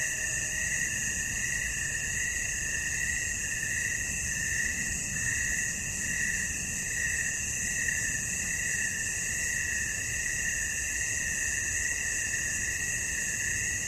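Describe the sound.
Crickets trilling nonstop, high and shrill, with a gentle pulsing in the lower band over faint background rumble.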